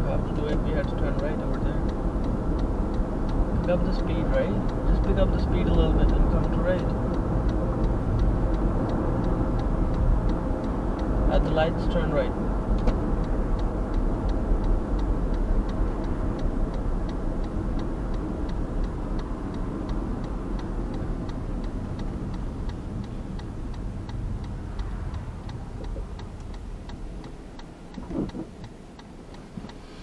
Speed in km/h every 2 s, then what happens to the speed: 51, 52, 52, 61, 64, 60, 55, 49, 43, 35, 27, 19, 12, 0, 0.
0-9 speeds up to 64. 9-26 brakes to 0. 26-30 standing.